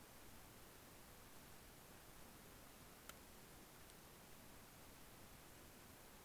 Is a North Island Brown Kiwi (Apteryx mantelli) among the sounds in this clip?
no